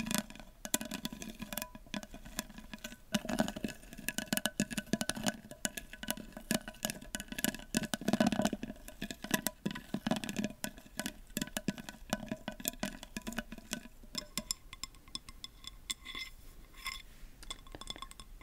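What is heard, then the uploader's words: Rapid tapping on hard objects, with bright clinks like fingernails on glass, going on steadily. Taps are dense and irregular, with a warmer, fuller layer in the first fourteen seconds before thinning to sharper, sparser clicks near the end. ASMR Tapping For Tingles And Sleep.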